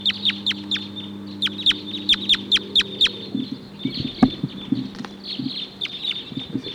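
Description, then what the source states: Crossbill flock calling: many sharp downslurred chip notes rapidly repeated, softer in the second half, with a low hum and a thud in the background. Huge wild flock of about 14 or 16 crossbills chittering in the treetops, some starting to come down.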